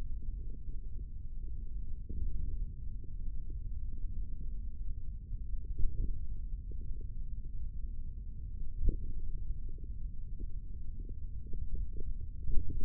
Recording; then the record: forearm muscle sounds (acoustic myography)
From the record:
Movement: tripod grip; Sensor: system 3, bracelet of six PUI Audio POM-2738L microphones around the upper forearm, with dedicated amplification and filtering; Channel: 1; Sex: male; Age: 25 years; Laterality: right